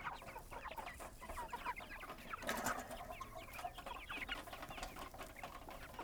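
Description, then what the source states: Chickens clucking in a busy farmyard, many short overlapping clucks and cackles with a louder burst around the middle, steady background chatter throughout. Chickens recorded at a goat farm.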